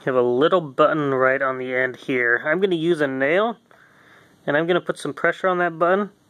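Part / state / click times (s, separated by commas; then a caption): reset button on a combination gun lock body / not seated / none. Someone talks while getting ready to press the small reset button on the end of a Cedar Mill Fine Firearms TSA combination gun lock with a nail, the step that puts the lock into combination-setting mode. The speech pauses briefly in the middle, leaving a short quiet stretch, then resumes. Nothing has clicked or seated yet.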